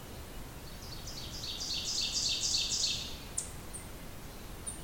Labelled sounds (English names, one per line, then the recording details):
Ovenbird song
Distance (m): 25 m
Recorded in boreal forest in Alberta, Canada, on 28 June 2016 at 08:16
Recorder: SongMeter 3, array SBT-6-79
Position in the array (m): 8 m, 126 m
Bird 40